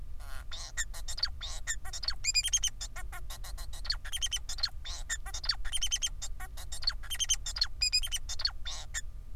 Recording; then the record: song of a male Bengalese finch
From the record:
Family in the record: son of father 4